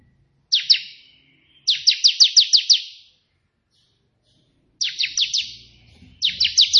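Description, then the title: Prinia giving clipped, downward-sweeping chips in runs of two to six notes, with a low hum behind the later phrases. A white prenjak singing three variations of the 'tembakan' song style, suitable as tutor song for training pet prenjak. "3 VARIASI TEMBAKAN prenjak putih ini COCOK untuk masteran prenjak anda"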